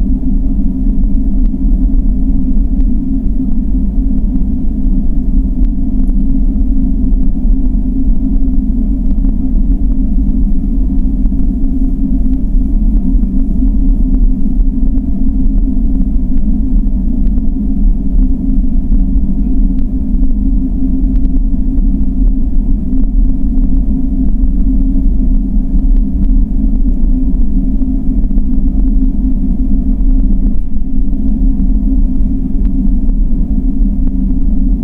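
A deep, steady bass rumble like a heating plant runs unbroken for the whole stretch, with a thick low drone and a fuller band just above it. Faint crackling ticks are scattered over the top, and a brief dip comes around thirty seconds.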